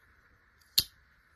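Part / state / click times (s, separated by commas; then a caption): folding knife blade in its handle with backspring / seated / 0.8 s. The steel blade of a slipjoint pocketknife is worked in its handle until it snaps into position against the backspring. Against a faint steady hum, a single sharp, bright snap is heard at 0.8 s, and the blade seats firmly with a good snap.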